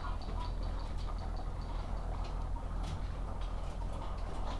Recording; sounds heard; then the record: poultry house recording; sick chickens (respiratory disease)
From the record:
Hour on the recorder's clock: 8